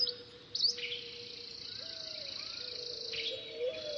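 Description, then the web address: Birds giving a few high chirps and a short downslurred note, with a steady low tone that steps up in pitch. "funny birds"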